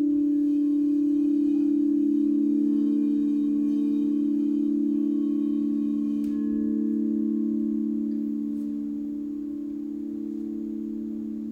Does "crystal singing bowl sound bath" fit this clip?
yes